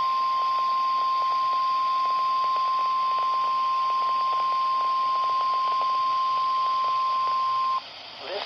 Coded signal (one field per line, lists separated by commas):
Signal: Emergency Alert System (SAME) tones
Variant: 1050 Hz attention tone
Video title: FIRST RWT ON MY ER210!!! | 12/28/22 - KHB38 Required Weekly Test (EAS #703)